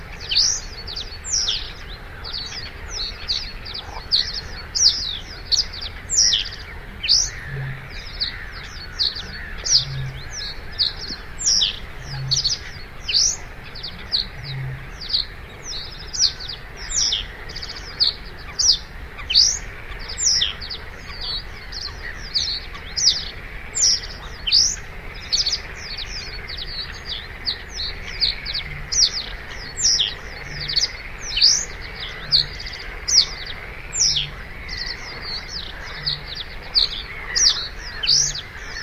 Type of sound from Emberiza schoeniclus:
song